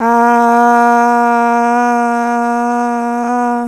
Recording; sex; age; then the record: sustained vowel /a/; female; 18 to 19 years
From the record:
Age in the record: 19 years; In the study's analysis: included